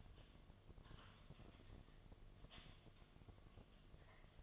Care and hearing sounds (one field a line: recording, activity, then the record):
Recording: daily activity, microphone in the room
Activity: typing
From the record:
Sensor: 4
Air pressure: 1005.2 hPa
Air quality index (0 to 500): 182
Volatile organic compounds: 5 ppm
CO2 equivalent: 1791 ppm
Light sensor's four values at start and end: 6/12/5/4 and 6/12/5/4